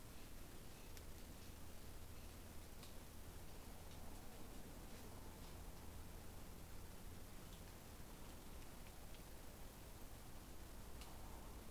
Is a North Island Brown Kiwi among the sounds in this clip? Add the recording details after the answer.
no. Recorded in New Zealand on 20 November 2013. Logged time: 21:14. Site CG22